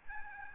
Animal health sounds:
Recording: mosquito wingbeat signal from an infrared sensor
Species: Aedes albopictus

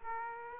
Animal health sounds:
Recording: mosquito wingbeat signal from an infrared sensor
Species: Aedes aegypti

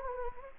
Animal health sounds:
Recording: mosquito wingbeat signal from an infrared sensor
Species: Anopheles gambiae

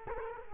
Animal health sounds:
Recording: mosquito wingbeat signal from an infrared sensor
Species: Culex quinquefasciatus

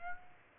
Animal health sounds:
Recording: mosquito wingbeat signal from an infrared sensor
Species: Aedes aegypti

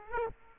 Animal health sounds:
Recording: mosquito wingbeat signal from an infrared sensor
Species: Aedes aegypti

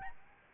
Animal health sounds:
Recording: mosquito wingbeat signal from an infrared sensor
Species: Aedes albopictus

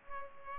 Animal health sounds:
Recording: mosquito wingbeat signal from an infrared sensor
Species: Culex pipiens

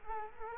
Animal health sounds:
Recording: mosquito wingbeat signal from an infrared sensor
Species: Culex quinquefasciatus

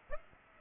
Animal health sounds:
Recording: mosquito wingbeat signal from an infrared sensor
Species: Aedes aegypti

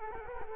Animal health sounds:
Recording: mosquito wingbeat signal from an infrared sensor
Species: Culex quinquefasciatus

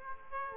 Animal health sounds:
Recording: mosquito wingbeat signal from an infrared sensor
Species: Aedes aegypti

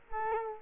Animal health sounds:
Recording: mosquito wingbeat signal from an infrared sensor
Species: Culex quinquefasciatus

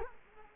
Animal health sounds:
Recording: mosquito wingbeat signal from an infrared sensor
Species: Culex quinquefasciatus

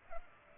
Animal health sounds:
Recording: mosquito wingbeat signal from an infrared sensor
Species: Culex pipiens

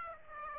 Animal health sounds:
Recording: mosquito wingbeat signal from an infrared sensor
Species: Aedes aegypti

